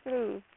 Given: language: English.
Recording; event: throat vibration sensor signal played as sound; speech